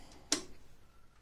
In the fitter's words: scatto fatto saliamo